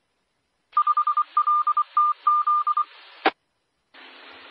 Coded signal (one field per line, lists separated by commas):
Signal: Morse code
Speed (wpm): 23 wpm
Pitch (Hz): 1200 Hz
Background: none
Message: 5LTZ